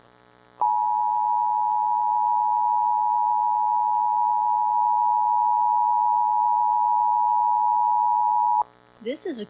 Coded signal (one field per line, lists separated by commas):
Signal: Emergency Alert System (SAME) tones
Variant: 853 and 960 Hz attention tone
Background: speech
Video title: EAS #1167-1168: 2 EAS Required Monthly Tests- May 5, 2026- 10:15AM PDT